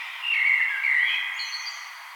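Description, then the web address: Common blackbird singing a brief fluted, warbling phrase that slides into a soft, high-pitched twittering tail. "vogelstimmen amsel gesang nabu lars lachmann"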